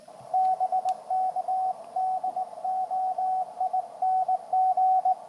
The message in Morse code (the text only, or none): BK DOING